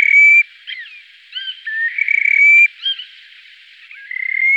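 Terek sandpiper calls, long level whistles broken by short warbled and slurred notes.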